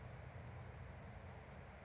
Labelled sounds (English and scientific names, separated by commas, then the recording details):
Bewick's Wren (Thryomanes bewickii)
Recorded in Sonoma County, California